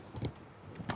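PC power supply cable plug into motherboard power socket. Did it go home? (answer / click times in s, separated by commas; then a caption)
yes / 0.2 s, 0.9 s. A keyed PC power supply cable plug is pushed firmly into the large power socket on a motherboard, its little plastic holders snapping in with a short click at 0.3 seconds and a louder click at 0.9 seconds. The connector is fully seated.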